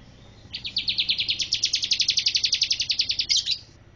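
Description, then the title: Bar-winged prinia giving a rapid series of sharp, buzzy notes, about three seconds long, rising slightly in loudness toward the middle before ending abruptly. Female bird. "Burung Ciblek Betina"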